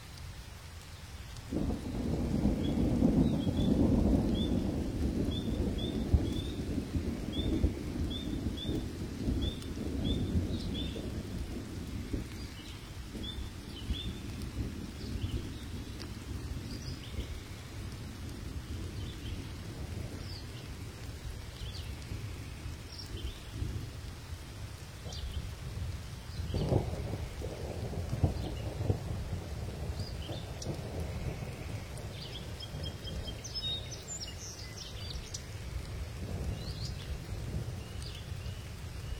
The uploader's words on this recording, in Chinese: 大自然的声音-雷雨闪电声。